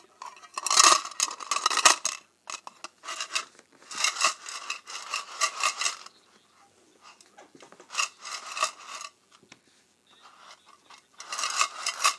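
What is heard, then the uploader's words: Paperclips and safety pins are rubbed and shuffled together in short, bright, scratchy bursts of rapid little clicks and scrapes. Handling comes in clusters about every couple of seconds, densest near the start, with near-silent pauses between them. ASMR Paperclips and Safety Pins.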